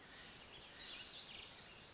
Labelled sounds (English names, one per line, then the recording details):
Western Flycatcher
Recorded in Sonoma County, California